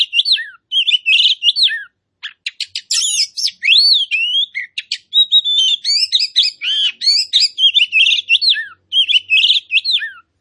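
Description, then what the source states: Oriental magpie-robin singing steadily: a rich stream of varied whistles, clicks, rapid trills and slurred notes, barely pausing, some phrases ending in falling whistles. Kacer poci type of magpie-robin, singing in gacor style, meaning vigorous and continuous song.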